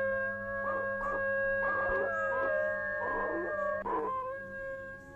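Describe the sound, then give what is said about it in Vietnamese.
A person, face turned up to the sky, imitates a dog howling, joining in with dogs' howls, in several sustained, wavering bursts over a steady tonal hum, with no words spoken. “Tôi vội bịt mồm, không hiểu tại sao bản thân mình lại chu lên như thế.”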